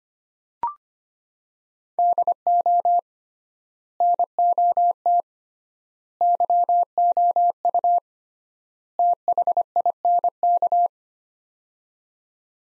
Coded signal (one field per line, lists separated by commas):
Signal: Morse code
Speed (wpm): 25 wpm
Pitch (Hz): 700 Hz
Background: none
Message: DO NOT YOU THINK